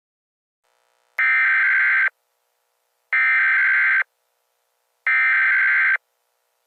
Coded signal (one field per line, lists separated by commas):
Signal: Emergency Alert System (SAME) tones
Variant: header bursts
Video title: EAS Scenario #1: The Android Uprise!!